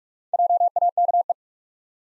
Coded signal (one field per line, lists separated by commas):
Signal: Morse code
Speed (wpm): 46 wpm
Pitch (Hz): 700 Hz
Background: none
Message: JAKE